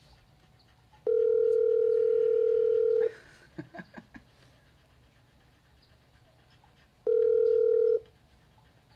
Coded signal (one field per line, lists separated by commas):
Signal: telephone call progress tone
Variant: North America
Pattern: ringback tone